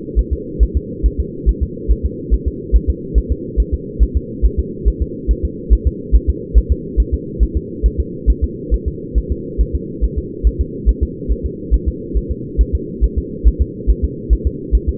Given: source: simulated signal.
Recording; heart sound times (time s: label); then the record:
fetal heart sounds
0.19 s: S1
0.33 s: S2
0.63 s: S1
0.77 s: S2
1.06 s: S1
1.20 s: S2
1.49 s: S1
1.63 s: S2
1.91 s: S1
2.05 s: S2
2.34 s: S1
2.48 s: S2
2.76 s: S1
2.90 s: S2
3.18 s: S1
3.32 s: S2
3.60 s: S1
3.74 s: S2
4.03 s: S1
4.17 s: S2
4.45 s: S1
4.59 s: S2
4.88 s: S1
5.02 s: S2
5.31 s: S1
5.45 s: S2
5.73 s: S1
5.87 s: S2
6.15 s: S1
6.29 s: S2
6.58 s: S1
6.72 s: S2
7.00 s: S1
7.14 s: S2
7.43 s: S1
7.57 s: S2
7.86 s: S1
8.00 s: S2
8.30 s: S1
8.44 s: S2
8.74 s: S1
8.88 s: S2
9.18 s: S1
9.32 s: S2
9.61 s: S1
9.75 s: S2
10.04 s: S1
10.18 s: S2
10.47 s: S1
10.61 s: S2
10.89 s: S1
11.03 s: S2
11.32 s: S1
11.46 s: S2
11.74 s: S1
11.88 s: S2
12.17 s: S1
12.31 s: S2
12.61 s: S1
12.75 s: S2
13.04 s: S1
13.18 s: S2
13.47 s: S1
13.62 s: S2
13.90 s: S1
14.04 s: S2
14.33 s: S1
14.47 s: S2
14.75 s: S1
14.89 s: S2
From the record:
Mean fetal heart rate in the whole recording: 140 bpm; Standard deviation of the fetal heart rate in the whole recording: 2 bpm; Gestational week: 34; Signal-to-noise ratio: -4.1 dB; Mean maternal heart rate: no maternal heart sound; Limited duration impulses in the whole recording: absent